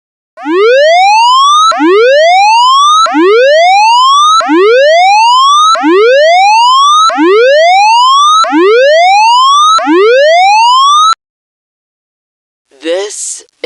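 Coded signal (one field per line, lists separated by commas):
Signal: siren signal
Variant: civil defence tsunami siren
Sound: eight quick rising electronic whoops in a row, then silence and a brief noise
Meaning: All clear; check official sources for more information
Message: 8 rising sweeps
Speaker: this is a civil defense all clear message check official sources for more information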